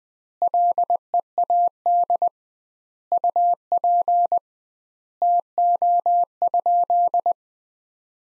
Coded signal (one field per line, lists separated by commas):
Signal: Morse code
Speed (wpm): 20 wpm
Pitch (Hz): 700 Hz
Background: none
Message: LEAD UP TO?